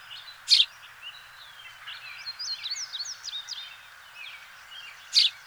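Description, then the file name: House sparrow calls: two loud, rough chirps near the start and end, with thin twittering notes in between. "Passer domesticus"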